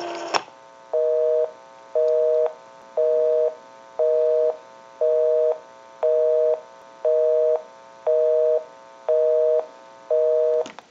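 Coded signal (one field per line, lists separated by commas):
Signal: telephone call progress tone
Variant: North America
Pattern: busy tone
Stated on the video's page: A 500 rotary dial desk telephone during its initial checkout and repair.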